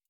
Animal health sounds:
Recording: hydrophone in a shrimp aquaculture tank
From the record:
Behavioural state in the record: stressed

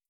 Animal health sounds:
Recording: hydrophone in a shrimp aquaculture tank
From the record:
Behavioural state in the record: starved

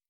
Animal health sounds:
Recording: hydrophone in a shrimp aquaculture tank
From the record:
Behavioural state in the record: stressed

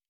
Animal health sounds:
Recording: hydrophone in a shrimp aquaculture tank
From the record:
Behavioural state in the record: normal

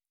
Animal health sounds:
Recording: hydrophone in a shrimp aquaculture tank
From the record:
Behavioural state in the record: normal

